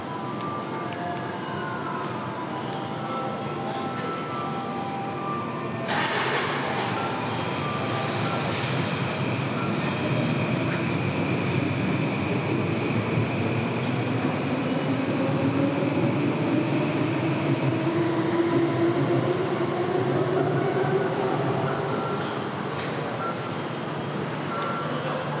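A city walk filled with a steady, dense rumble like a passing train, brightening around six seconds, with a rising whine later.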